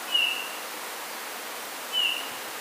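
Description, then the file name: Eurasian bullfinch uttering two soft, clear piping whistles about two seconds apart against a constant hiss. "Pyrrhula pyrrhula"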